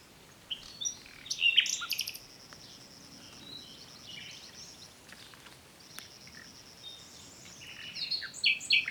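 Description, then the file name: Common nightingale song, fairly faint: scattered high chirps and brief trills over a steady background hiss, louder near the start and end. "Luscinia megarhynchos"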